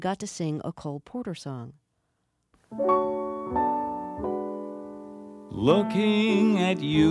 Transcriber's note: audio clip, everyone says i love you